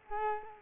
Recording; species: mosquito wingbeat signal from an infrared sensor; Culex quinquefasciatus